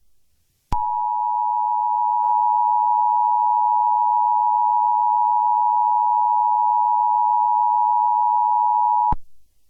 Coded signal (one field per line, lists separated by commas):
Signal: Emergency Alert System (SAME) tones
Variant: 853 and 960 Hz attention tone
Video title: Murderous Pups: A Paw Patrol EAS Scenario